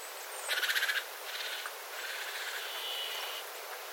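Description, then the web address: Small birds: a loud buzzy rattle of rapid pulses, then softer rattling phrases and a faint high thin call, with background hiss. Small flock of birds calling, water dripping from the eaves after rain, 9 September 2025. "paivat 9 9 2025 pikkulintuparven aantelya vesi tippuu raystaalta sateen jalkeen"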